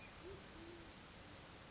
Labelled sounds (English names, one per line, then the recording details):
Band-tailed Pigeon
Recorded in Sonoma County, California